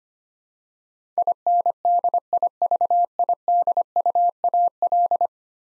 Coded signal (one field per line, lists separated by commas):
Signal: Morse code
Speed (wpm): 25 wpm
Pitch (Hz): 700 Hz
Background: none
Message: INDIVIDUAL